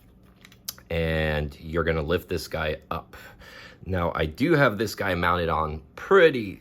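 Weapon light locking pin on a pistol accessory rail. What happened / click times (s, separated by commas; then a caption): The rail lock pin released / 0.7 s. A ROVYVON GL3 tactical weapon light is slid forward on a pistol's accessory rail, using its tab, to disengage the locking pin before lifting it off. A sharp click at 0.7 s marks the pin releasing, and the light is unpinned. Someone talks throughout.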